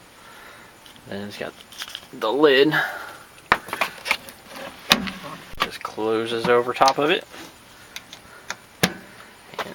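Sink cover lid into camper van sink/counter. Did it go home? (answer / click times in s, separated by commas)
yes / 8.8 s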